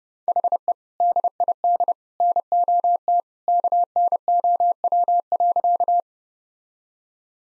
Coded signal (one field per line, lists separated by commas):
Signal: Morse code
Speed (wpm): 30 wpm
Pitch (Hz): 700 Hz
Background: none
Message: HE DID NOT KNOW.